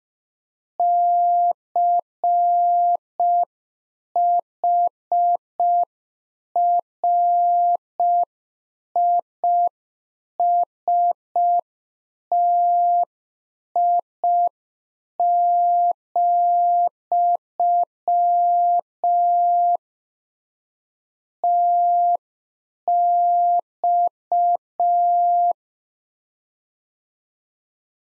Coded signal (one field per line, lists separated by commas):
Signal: Morse code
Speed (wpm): 5 wpm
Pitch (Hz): 700 Hz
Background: none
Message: CHRISTI, TX